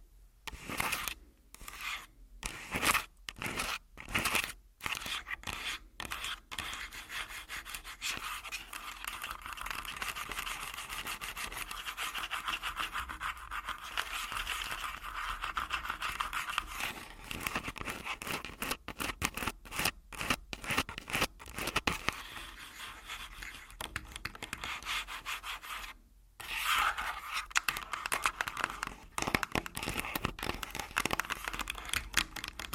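Full body tapping and scratching, opening with sharp separate taps and short gaps, then settling into dense, steady rubbing and scraping from about seven seconds on. The texture is bright and hissy, with a brief silence near 26 seconds before the scratching resumes.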